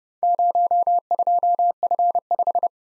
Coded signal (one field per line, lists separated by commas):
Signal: Morse code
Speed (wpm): 30 wpm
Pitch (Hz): 700 Hz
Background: none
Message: 02F5